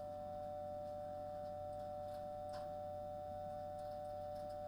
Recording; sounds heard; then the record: poultry house recording; no chicken sound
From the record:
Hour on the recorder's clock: 21